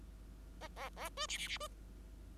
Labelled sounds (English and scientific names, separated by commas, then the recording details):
Bengalese Finch (Lonchura striata domestica) song
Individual Bird5